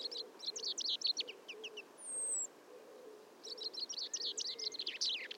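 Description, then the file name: Common chaffinch song, two quick descending trilled phrases under two seconds apart, with a thin high whistle between them. "Fringilla coelebs"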